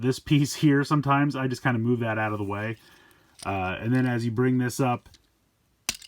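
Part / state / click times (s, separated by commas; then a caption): plastic tab on action figure part into mating slot / seated / 5.9 s. A plastic tab on a part of a transforming robot action figure is brought up during conversion and engages its mating slot, seating with a sharp plastic click at 5.9 s. Someone talks throughout the clip before the click, followed by faint small clicks right after.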